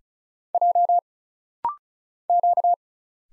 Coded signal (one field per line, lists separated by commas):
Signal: Morse code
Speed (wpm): 35 wpm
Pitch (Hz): 700 Hz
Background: none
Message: J Q